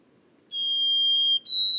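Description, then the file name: White-throated sparrow song: a long, pure whistle held steady, then a jump to a higher whistled note at the end. Boreal forest of Haute-Côte-Nord, 29 May 2018. "bruant-a-gorge-blanche-foret-boreale-de-la-haute-cote-nord-29-mai-2018"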